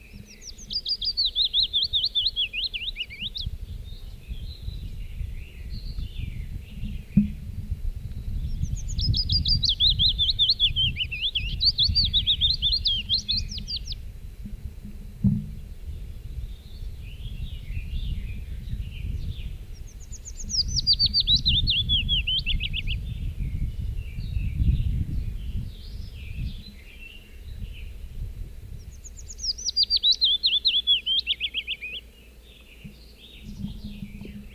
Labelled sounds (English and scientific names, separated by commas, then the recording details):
Willow Warbler (Phylloscopus trochilus) song
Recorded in the wild
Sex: male
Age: adult
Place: Thumsee, Bayern, DE
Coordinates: 47.7167, 12.8167
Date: 1964-06-03
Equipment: LGS26
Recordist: Faber, A. and Stumbrat